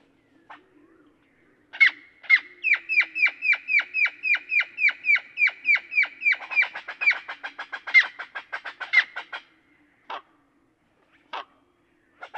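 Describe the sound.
Great-tailed grackle delivers a long, fast string of clicking, upslurred notes that speed up into a dense rattle, then a few isolated clacks.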